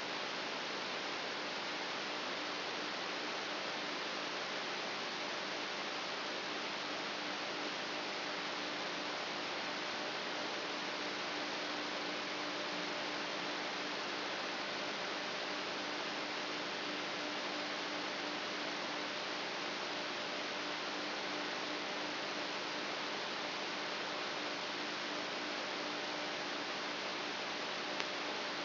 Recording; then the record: brain microelectrode recording played as sound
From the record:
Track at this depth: inside the subthalamic nucleus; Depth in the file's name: 8.137 mm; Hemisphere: left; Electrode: 3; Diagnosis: Parkinson's disease